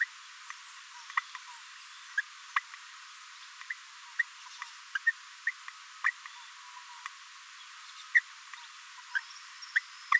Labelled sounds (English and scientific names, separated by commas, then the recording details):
Green-rumped Parrotlet (Forpus passerinus) babbling
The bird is a female
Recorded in a nest box in Venezuela
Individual 17B42A4